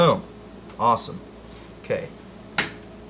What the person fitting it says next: ah there we go that's the lock I was looking for